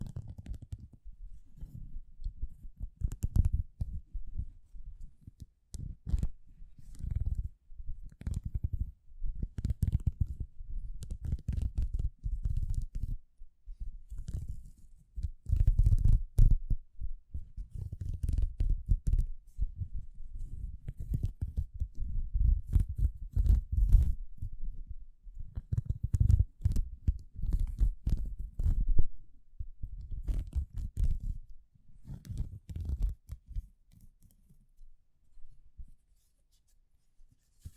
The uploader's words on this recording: ASMR 1 HOUR of Gloves Sounds for People who want tingles (No Talking).